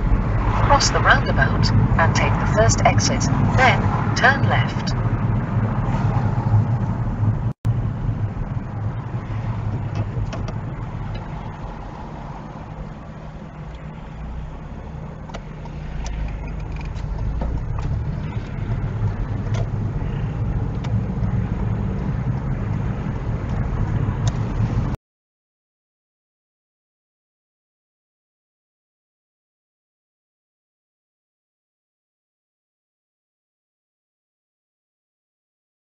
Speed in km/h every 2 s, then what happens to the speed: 31, 26, 19, 15, 10, 2, 0, 5, 11, 18, 21, 23, 23, 21, 21, 23, 26, 26.
0-10 slows to 2. 10-13 standing. 13-21 pulls away to 23. 21-36 steady at about 23.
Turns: none.